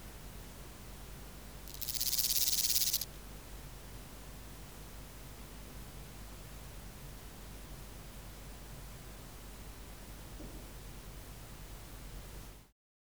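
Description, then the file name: Antiga's grasshopper gives a single harsh, hissing burst lasting just over a second, then steady low background noise. "Omocestus antigai"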